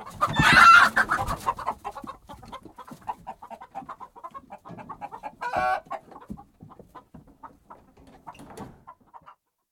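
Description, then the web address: Chicken gives a loud harsh squawk at the start, followed by softer scattered clucks, a brief flurry, and low thuds. Hens disturbed in a hen house, recorded very close, with flapping wings and many thuds as the hens move around. "BBC Chickens"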